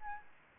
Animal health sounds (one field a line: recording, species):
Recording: mosquito wingbeat signal from an infrared sensor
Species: Aedes albopictus